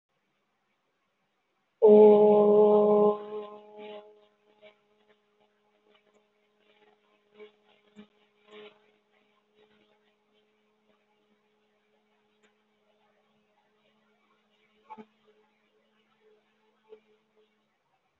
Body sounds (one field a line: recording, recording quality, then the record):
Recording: sustained vowel as in boot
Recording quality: moderate, slight background noise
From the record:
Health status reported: healthy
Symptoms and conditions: none ticked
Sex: female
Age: 23 years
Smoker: not ticked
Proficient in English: yes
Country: India